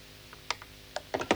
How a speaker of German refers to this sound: Da, klick. Hat sich ja wieder jemand Eiliges angerufen.